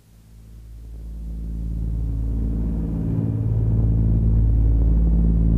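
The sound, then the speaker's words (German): A steady, deep drone of an airplane's engines in flight to New York hums without a break, layered low tones swelling gradually louder over a few seconds with no voices. “Ich hab gedacht, im Flugzeug können wir vielleicht ein bisschen arbeiten. Aber dieses ewige Brummen der Motoren schläfert ein.”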